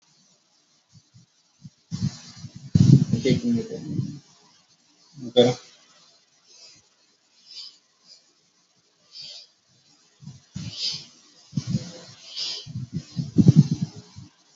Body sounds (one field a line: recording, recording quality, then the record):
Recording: shallow breathing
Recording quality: excellent, no background noise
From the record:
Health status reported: healthy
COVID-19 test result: negative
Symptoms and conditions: none ticked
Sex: male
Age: 53 years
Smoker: not ticked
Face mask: not worn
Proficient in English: yes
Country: India